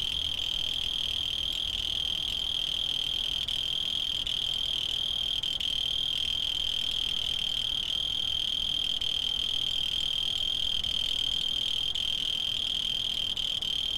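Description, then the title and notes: Cricket giving a constant high ringing trill without pause for the whole stretch, with light background noise underneath. Field recordings made in Tavira, Tangier, Lima and Bhubaneswar. "ACA - Grabaciones de campo. Grillo 2. grabaciones hechas en tavira, tangier, lima, bhubanshwar"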